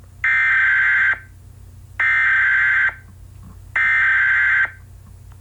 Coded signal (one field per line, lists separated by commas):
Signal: Emergency Alert System (SAME) tones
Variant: header bursts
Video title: Maxnado (An EAS Scenario)